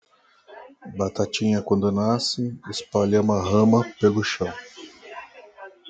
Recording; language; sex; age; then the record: short text; Brazilian Portuguese; male; 50 to 59 years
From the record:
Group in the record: control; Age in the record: 54 years